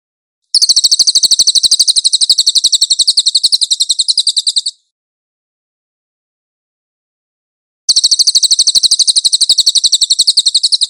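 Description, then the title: Cililin song of quick, high, repeated buzzy notes in a four-second trill, a three-second silence, then another matching trill. "SUARA BURUNG CILILIN"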